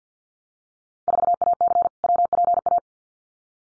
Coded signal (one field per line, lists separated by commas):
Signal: Morse code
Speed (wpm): 50 wpm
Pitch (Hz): 700 Hz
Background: none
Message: 4AC WPA